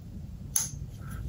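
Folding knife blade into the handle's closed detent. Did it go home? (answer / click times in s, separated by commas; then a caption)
yes / 0.6 s. A Herman Sting folding knife with an Elmax steel blade and titanium handle is closed, and the blade snaps into the handle's closed detent with a single sharp, bright click at 0.6 s over a low background rumble. The blade is seated solidly in the detent.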